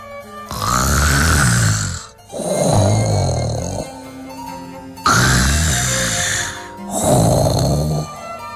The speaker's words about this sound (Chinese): 可是河马睡着了，打呼噜的声音像打雷。